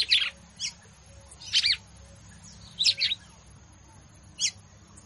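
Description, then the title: Red-cowled cardinal giving rapid, twittering high note groups separated by short pauses, ending on a lone sharp note, low steady hum present. Female bird; song described as 'batendo fogo' style. "Canto Galo Campina Fêmea. Galo de Campina batendo fogo"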